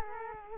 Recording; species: mosquito wingbeat signal from an infrared sensor; Culex quinquefasciatus